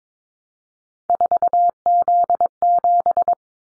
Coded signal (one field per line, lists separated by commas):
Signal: Morse code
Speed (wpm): 22 wpm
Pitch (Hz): 700 Hz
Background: none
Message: 4Z7